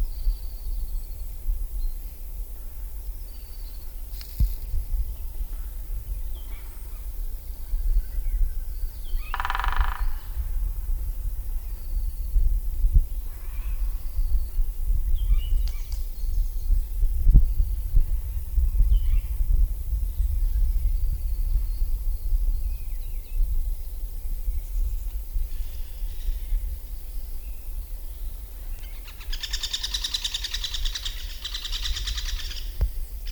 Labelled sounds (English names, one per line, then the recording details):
Great Spotted Woodpecker
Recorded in the wild
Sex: female
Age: adult
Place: Groß Schönebeck, Schorfheide, Brandenburg, DE
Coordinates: 52.9275, 13.5992
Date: 1997-03-26 17:25
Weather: overcast, ca. 0°C, almost no wind
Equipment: Sony MD-WM MZ-R3, Sennheiser MKH 416 T, Kopie Uher 4000 Report Monitor
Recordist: Tembrock, Günter